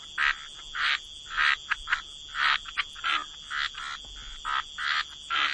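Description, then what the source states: Frogs croaking in short raspy bursts separated by quieter gaps, over a constant thin high-pitched drone. Frog chorus.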